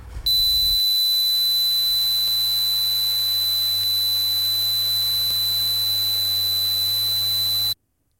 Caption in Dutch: Stel je eens voor dat je dit geluid dag in dag uit hoort. Overal om je heen is het stil, maar deze piep houdt je de hele nacht wakker. Vandaag begint de week van het oorsuizen.